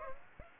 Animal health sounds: mosquito wingbeat signal from an infrared sensor; Aedes aegypti

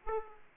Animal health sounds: mosquito wingbeat signal from an infrared sensor; Aedes aegypti

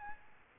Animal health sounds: mosquito wingbeat signal from an infrared sensor; Aedes aegypti

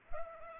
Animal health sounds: mosquito wingbeat signal from an infrared sensor; Culex pipiens

